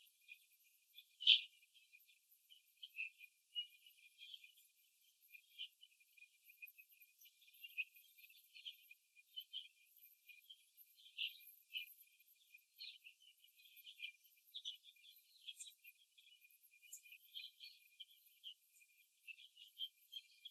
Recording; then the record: young laying hens in a cage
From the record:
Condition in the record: before the stressor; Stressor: simulated dog barking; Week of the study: 2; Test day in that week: 3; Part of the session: 2